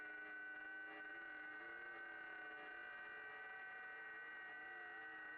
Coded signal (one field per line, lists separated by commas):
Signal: FT8